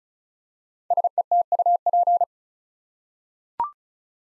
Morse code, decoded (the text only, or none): SETUP